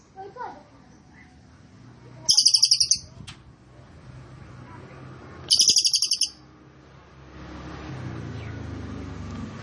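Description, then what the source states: Cililin song: two short, rapid rattling bursts of high repeated notes about three seconds apart, with a low rumble and faint background noise between them. Recording made for training caged birds; song style called trorol konslet; bird singing very actively (gacor banget).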